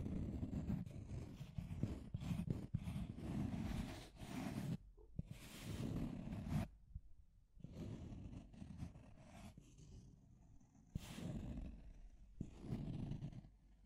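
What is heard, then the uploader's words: Deep, rough scratching in long grinding strokes, heavy in the low end with a gritty hiss on top and sharp clicks scattered through. The strokes stop briefly near five seconds and again around seven, then resume unevenly, thinning out toward the end. Deep Scratching. (No Talking).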